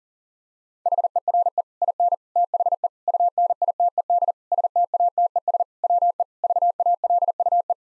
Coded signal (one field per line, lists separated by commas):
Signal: Morse code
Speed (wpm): 40 wpm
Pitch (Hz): 700 Hz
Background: none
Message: HERE IN THE UNITED STATES WE VALUE